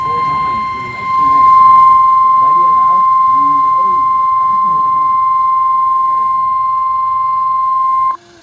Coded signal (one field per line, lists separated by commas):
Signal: Emergency Alert System (SAME) tones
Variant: 1050 Hz attention tone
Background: speech